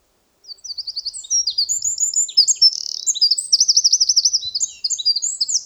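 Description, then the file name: Eurasian wren song, a fast, loud jumble of high twittering notes and rattling trills, including a rapid rippling trill, continuing to the end. "Troglodytes troglodytes"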